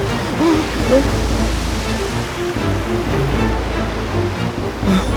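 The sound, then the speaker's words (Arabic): Loud, continuous roar of high waves crashing in a severe storm at sea around a sailing boat, a dense rumbling wash of water with steady low-end surge and faint tonal traces on top, no clear gaps. “الأمواج عالية.”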